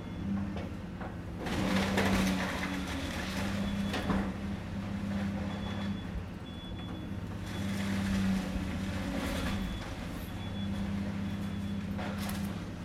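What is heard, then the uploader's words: A large excavator demolishes a small old house, its engine droning low and steady, rising and falling in pitch as it works. Bursts of crunching, scraping debris break through around two to four seconds, again near eight seconds, and briefly at the end. The tiny old house immediately to our North was demolished by a large excavator.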